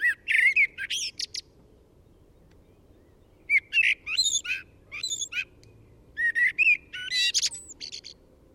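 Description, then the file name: Common blackbird song, three phrases of liquid warbles interwoven with high thin squeaks, separated by short silences. "Turdus merula"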